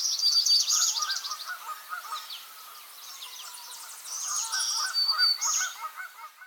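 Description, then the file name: Black-throated green warbler song: high buzzy notes near the end, after a rapid high trill, with lower chipping and warbling from other birds throughout. "Setophaga virens - Black-throated Green Warbler"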